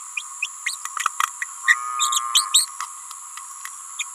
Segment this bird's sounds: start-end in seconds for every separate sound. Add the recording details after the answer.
0.16-0.22, 0.42-0.48, 1.67-1.76, 2.00-2.10, 2.34-2.46, 2.53-2.67, 2.80-2.86, 3.98-4.04. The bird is a female. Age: 28 days. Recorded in a nest box in Venezuela. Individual 17B31A3